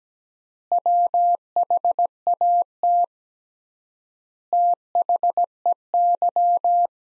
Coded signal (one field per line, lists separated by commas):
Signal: Morse code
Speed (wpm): 17 wpm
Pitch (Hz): 700 Hz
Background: none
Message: WHAT THEY